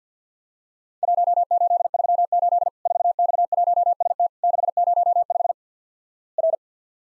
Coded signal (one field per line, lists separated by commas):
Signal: Morse code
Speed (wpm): 50 wpm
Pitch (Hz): 700 Hz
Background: none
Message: 1838 4X1ST 605 R